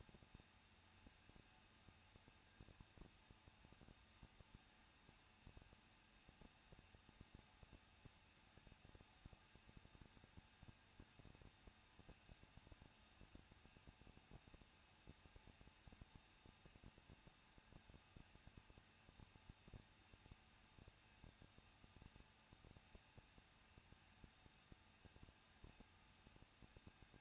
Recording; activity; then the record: daily activity, microphone in the room; no activity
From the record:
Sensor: 2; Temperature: 21.0 degrees Celsius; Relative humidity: 37.3%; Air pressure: 1006.3 hPa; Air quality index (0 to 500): 221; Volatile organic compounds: 23 ppm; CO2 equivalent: 2793 ppm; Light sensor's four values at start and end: 2/3/2/2 and 2/3/2/2